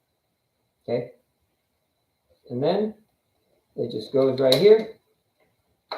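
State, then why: Seated. A small part or cover on a Bambu Lab P1P 3D printer is placed into its mount after a connector inside the printer has been plugged in, while someone talks. A sharp, loud click comes at 5.9 s as the part slides to the left and seats in place.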